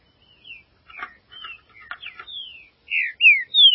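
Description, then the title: Green-winged saltator song, soft whistled slurs and clicks building to three loud, descending whistled notes at the end. "Trinca Ferro"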